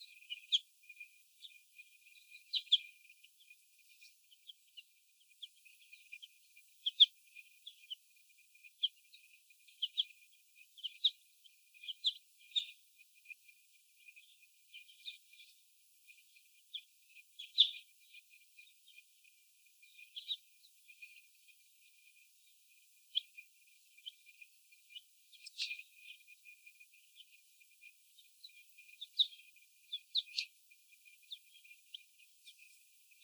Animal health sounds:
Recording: young laying hens in a cage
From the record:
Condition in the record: before the stressor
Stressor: sudden umbrella opening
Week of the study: 1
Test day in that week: 1

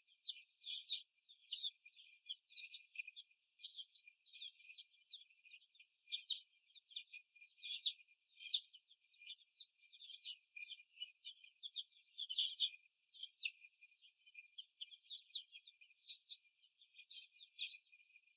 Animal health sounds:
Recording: young laying hens in a cage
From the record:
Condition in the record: after the stressor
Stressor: simulated dog barking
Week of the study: 1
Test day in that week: 2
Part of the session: 1

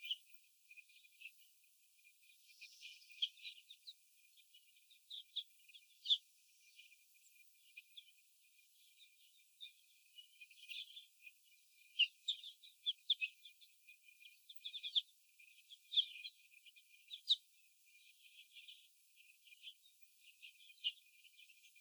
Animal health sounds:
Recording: young laying hens in a cage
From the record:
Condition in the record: before the stressor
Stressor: sudden umbrella opening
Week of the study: 2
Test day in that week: 1

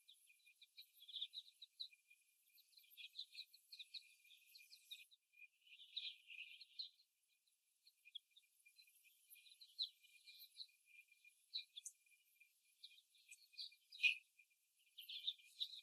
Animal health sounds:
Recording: young laying hens in a cage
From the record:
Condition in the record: before the stressor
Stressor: simulated dog barking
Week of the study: 1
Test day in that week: 1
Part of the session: 1

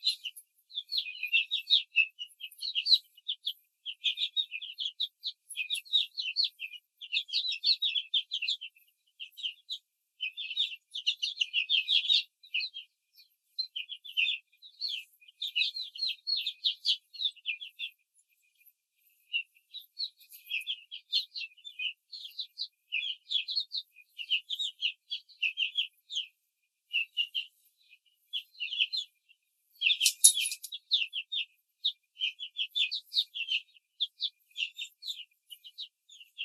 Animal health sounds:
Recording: young laying hens in a cage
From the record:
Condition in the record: control cage, after the stress test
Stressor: none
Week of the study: 4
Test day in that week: 1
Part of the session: 3

